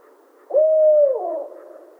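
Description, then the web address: Barred owl call: a single held hoot, even in pitch, then dropping in a downward slur and fading, with nothing else audible. Recorded 28 July 2011. "Barred Owl 2011 07 28"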